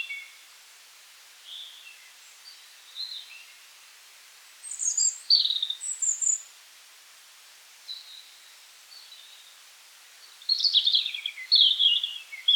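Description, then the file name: European robin song: scattered high, thin warbled phrases with pauses between them, louder tumbling bursts near the end, over faint steady hiss. "rotkehlchen"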